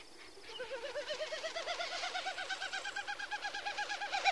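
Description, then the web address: Common Snipe giving a hollow, wavering, rapidly pulsed sound that grows louder after a quiet start, then holds fairly steady. North America. "Songs of Birds of North America Stokes. Common Snipe"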